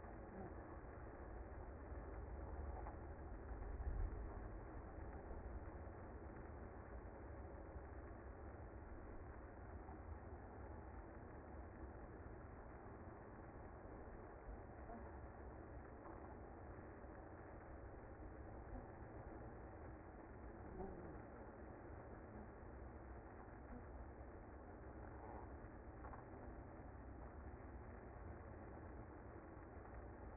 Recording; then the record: honeybee colony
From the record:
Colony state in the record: active